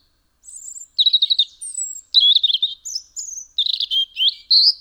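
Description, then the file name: European robin delivering a varied string of high whistles, quick trills and sliding notes, each phrase short and pitched differently, with no background noise. "Erithacus rubecula"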